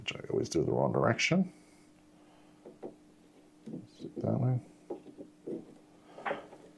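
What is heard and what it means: A DDR4 memory stick is turned around and its notch lined up with the motherboard DIMM slot before being pushed down, after first being tried in the wrong direction. Someone talks while faint, short handling taps are heard around 2.7 s and 4.9 s. The stick has not clicked or seated in the slot yet.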